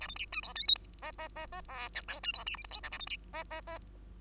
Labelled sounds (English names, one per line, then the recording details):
Bengalese Finch song
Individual Bird2